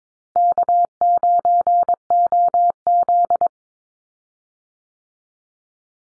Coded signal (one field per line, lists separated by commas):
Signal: Morse code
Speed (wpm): 22 wpm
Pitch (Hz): 700 Hz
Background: none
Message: K9OZ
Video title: Easy Call Signs Repeated 2x 22wpm